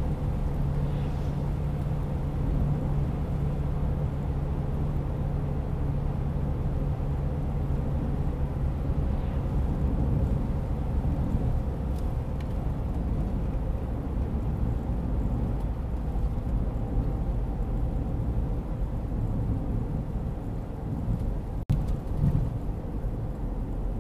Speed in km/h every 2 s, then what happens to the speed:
79, 80, 79, 77, 76, 74, 72, 69, 65, 64, 61, 58.
0-7 steady at about 79. 7-24 slows to 58.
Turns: none.